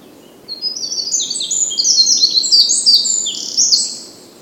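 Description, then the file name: Eurasian wren singing one fast, shrill outpouring of high warbled notes and rattling trills lasting about three and a half seconds, with faint background hiss. "Troglodytes troglodytes"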